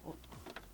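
A plastic exhaust/intake duct end is handled and pushed toward the port of an EcoFlow WAVE 2 portable air conditioner. Brief plastic handling knocks are heard at about 0.2, 0.5 and 0.6 seconds over low background hum. Nothing has seated or clicked yet.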